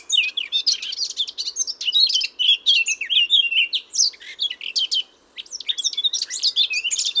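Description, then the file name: Eurasian blackcap song: tumbling phrases of sharp, twisting notes and scratchy chatter, with a short silent gap before a final bright, jumbled burst. "Sylvia atricapilla"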